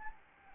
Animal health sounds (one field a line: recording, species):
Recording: mosquito wingbeat signal from an infrared sensor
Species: Anopheles arabiensis